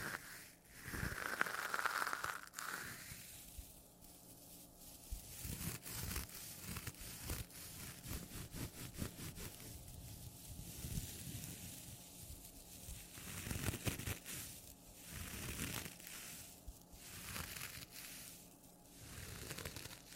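A sponge is scratched and rubbed in a steady, dense rhythm of rough, crunchy strokes that run for the full twenty seconds. Short bursts of scraping come every second or so, some sharper and louder, with a faint low hum underneath.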